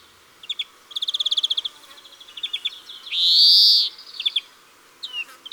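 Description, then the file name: European greenfinch giving a pulsed trill, a few twitters, then one long rising buzzy wheeze and several short closing notes. "Verdier-d Europe"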